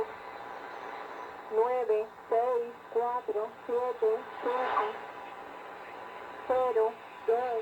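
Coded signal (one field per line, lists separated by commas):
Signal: numbers station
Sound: evenly spaced short spoken words over radio, about ten, with brief pauses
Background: radio hiss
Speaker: muchos de ustedes ya reconocieron este tipo de emisiones y efectivamente son las famosas estaciones de números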